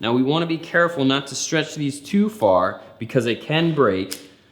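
Someone talks while a plastic clasp on an accessory's wiring is opened gently and hooked onto the frame or handlebar of a Blade 2.0 eMTB e-bike, taking care not to stretch it too far because it can break. Nothing has snapped or seated yet.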